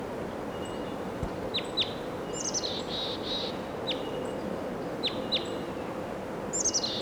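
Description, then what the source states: Crossbill calls: scattered short, high metallic chips, single, in pairs or in brief runs, spread throughout against a constant low hiss. Wild crossbill perched on top of a tall tree.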